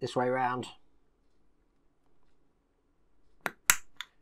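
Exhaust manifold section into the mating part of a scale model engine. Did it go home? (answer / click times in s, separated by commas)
yes / 3.7 s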